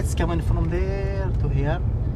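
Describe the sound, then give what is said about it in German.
A car's steady low engine and road rumble runs throughout as it drives along a narrow alley in the coastal town of Sitra, the route fishermen once marched along, with a person speaking over it in a mid-pitched voice. “Mit seinem Auto fährt er mit mir die Gasse entlang, durch die die Fischer damals zogen.”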